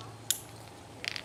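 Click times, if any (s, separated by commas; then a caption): 0.3 s. A metal climbing nut (chock) is placed into a rock crack and pulled down until it wedges and locks in place, giving one sharp, bright metallic click at 0.3 s. A cluster of quieter light rattling ticks follows around 1.1–1.2 s. The nut is seated firmly in the crack.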